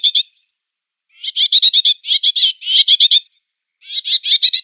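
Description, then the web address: Common whitethroat uttering rapid bursts of dry, ticking chatter notes, strung into several short rattling runs separated by pauses. "Schulze Peter Whitethroat calls"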